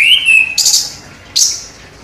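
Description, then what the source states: Orange-headed thrush song: a clear whistled note followed by two harsh, buzzy bursts separated by a short pause. Song described as gacor.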